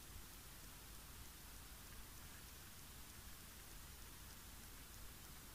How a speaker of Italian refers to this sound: da queste nuvole si scarica la pioggia. La pioggia bagna la terra. La pioggia bagna la terra per molti, molti anni.